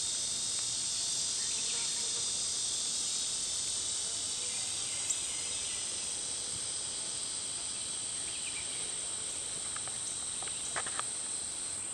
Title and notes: Neotibicen lyricen